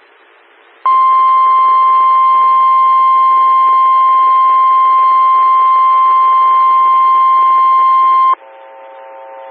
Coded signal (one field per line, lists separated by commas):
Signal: Emergency Alert System (SAME) tones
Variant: 1050 Hz attention tone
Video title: 2014-05-11 - WX9MCS 147.255 MHz SKYWARN Repeater